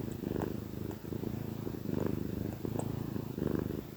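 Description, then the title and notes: Cat purring, a gritty low rumble pulsing in short breaths, with faint soft ticks above. Gentle purrs of a contented cat. "Cat Cafe Purr-Finale. the gentle purrs of a contented cat"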